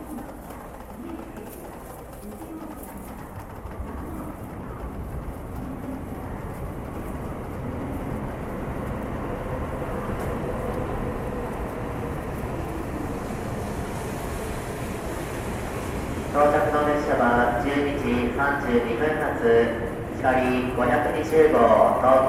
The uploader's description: sounds of trains coming and going, people talking, vending machines, and announcements